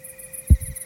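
A single deep heartbeat: a strong low thump followed closely by a softer second thump, the familiar lub-dub of a beating heart. A faint steady hum and soft high chirping sit in the background.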